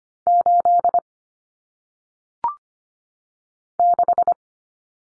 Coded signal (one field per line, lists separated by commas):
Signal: Morse code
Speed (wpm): 25 wpm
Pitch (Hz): 700 Hz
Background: none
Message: 8 6